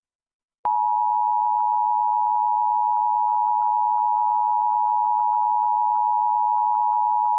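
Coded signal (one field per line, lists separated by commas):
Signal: Emergency Alert System (SAME) tones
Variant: 853 and 960 Hz attention tone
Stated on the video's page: Recreation of EAS tones of the 2011 and 2023 national tests.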